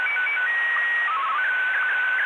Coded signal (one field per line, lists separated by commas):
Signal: SSTV (slow-scan television)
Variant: Martin 1